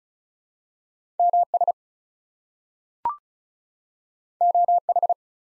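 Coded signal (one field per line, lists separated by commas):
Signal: Morse code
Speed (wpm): 36 wpm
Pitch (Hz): 700 Hz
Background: none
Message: MS OH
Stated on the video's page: ARRL section abbreviations sent at 35 wpm as a head-copy drill for Field Day contest exchanges, each sent twice.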